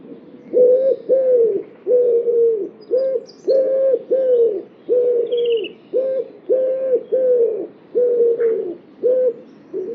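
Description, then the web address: Bird: low, hollow cooing notes repeated in a steady series, each fairly level. "cianscape. Deverinetal. Bird Only"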